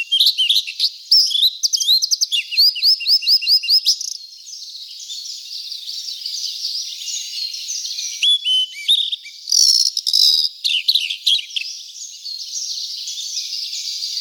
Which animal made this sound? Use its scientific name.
Cyanoptila cyanomelana